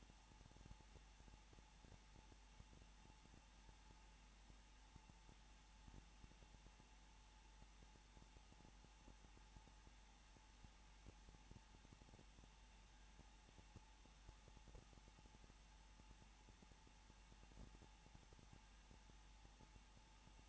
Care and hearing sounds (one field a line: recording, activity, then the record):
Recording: daily activity, microphone in the room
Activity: no activity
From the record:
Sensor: 1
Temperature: 20.2 degrees Celsius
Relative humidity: 35.7%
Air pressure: 994.5 hPa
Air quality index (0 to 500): 182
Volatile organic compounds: 7 ppm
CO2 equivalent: 1997 ppm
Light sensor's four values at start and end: 1/2/1/1 and 1/2/1/1